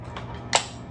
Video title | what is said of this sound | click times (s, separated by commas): Dyson 3 Animal Ball Setup and Review: Is it Worth it? | set it back up and push it back in. There goes your click. | 0.6 s